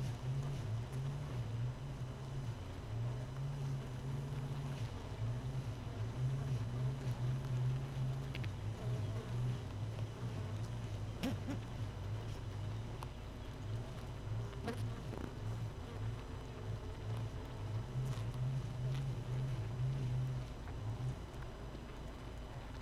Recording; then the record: honeybee colony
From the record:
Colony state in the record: missing queen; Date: 31 May 2018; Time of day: 5:19